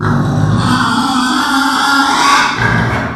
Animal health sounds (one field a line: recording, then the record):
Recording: squeal of a Yucatan mini pig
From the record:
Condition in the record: after surgery on the right vocal fold (resection and tissue-engineered implant)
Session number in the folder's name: 16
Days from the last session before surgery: 183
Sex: female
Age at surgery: 19 weeks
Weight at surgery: 25 kg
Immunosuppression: prednisolone